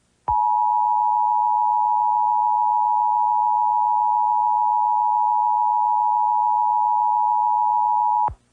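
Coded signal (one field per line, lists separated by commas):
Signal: Emergency Alert System (SAME) tones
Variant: 853 and 960 Hz attention tone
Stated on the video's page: Fictional EAS mock in analog horror style, with loud, scary tones.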